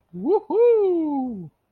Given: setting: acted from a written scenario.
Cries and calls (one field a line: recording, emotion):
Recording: vocal sound without words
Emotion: interest